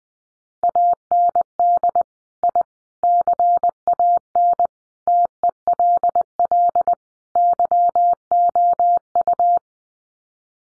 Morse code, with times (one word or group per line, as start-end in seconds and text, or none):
0.6-2.0 AND
2.4-2.6 I
3.0-4.7 CAN
5.1-6.9 TELL
7.4-9.6 YOU